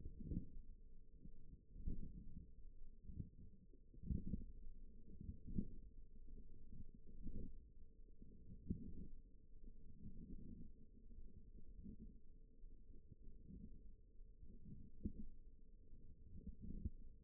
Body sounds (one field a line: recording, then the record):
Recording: forearm muscle sounds (acoustic myography)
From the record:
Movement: wrist flexion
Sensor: system 1, eight BSWA MPA416 microphones around the upper forearm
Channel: 4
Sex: female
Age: 20 years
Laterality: right